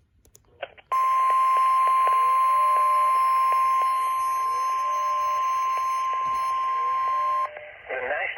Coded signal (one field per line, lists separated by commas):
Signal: Emergency Alert System (SAME) tones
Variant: 1050 Hz attention tone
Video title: EAS 1191 - KEC83 SVR